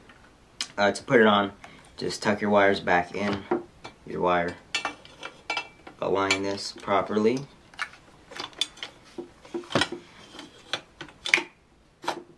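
Someone talks while tucking the battery wires back in and aligning the plastic front handguard on a JG G36 RIS airsoft rifle before pushing it onto the receiver. Scattered sharp plastic clicks and knocks from the handling are heard. The clip ends before the handguard locks into place, so nothing has seated or clicked yet.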